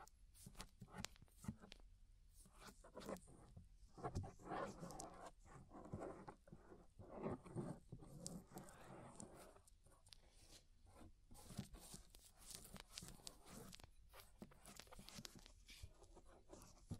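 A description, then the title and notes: Ear scraping sounds, dense rough scratches and rustles with quick bright ticks, busiest around four to nine seconds, then sparser irregular strokes. Inner and Outer Ear Scraping (No Talking).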